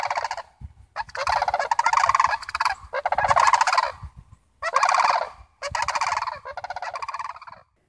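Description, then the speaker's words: Sandhill Crane honking: harsh, rolling calls in several bursts separated by short pauses. Heard in fall in Montana from a backyard, first from about a mile away and coming closer; cranes flying together in a V formation while migrating away. "Mystifying honking from a mile away, coming closer. I see them! Sandhill cranes"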